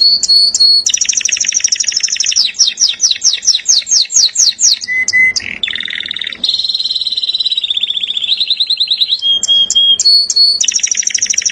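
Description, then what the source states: Canary singing a continuous string of high trills, rapid repeated sweeps, a buzzy roll and short whistled notes, with phrases switching quickly. Master training recording of a national contest champion canary.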